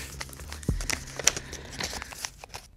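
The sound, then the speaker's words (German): Paper crinkles and crackles as the pieces of a paper Leopard 3 tank are folded in army barracks, with a few sharper snaps and rustles scattered irregularly over a couple of seconds, moderately loud with no voices. “Dann wurden die einzelnen Elemente des Leopard 3 Papierpanzers in der Kaserne gefaltet unter Ausschluss der Öffentlichkeit.”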